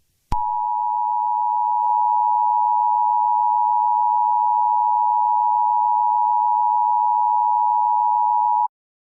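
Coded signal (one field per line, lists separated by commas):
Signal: Emergency Alert System (SAME) tones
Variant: 853 and 960 Hz attention tone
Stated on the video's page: Fictional EAS scenario, not a real alert.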